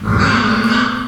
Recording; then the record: squeal of a Yucatan mini pig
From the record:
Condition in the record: after surgery on the right vocal fold (resection and tissue-engineered implant); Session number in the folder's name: 15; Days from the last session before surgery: 175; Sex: female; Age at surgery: 19 weeks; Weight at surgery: 25 kg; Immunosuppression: prednisolone